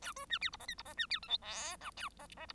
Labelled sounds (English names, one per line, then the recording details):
Bengalese Finch song
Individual Bird1